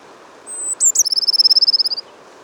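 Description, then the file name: Eurasian blue tit giving a faint high thin note followed by two sharp clicks and a rapid ringing trill, with a brief tap partway through. "Cyanistes caeruleus"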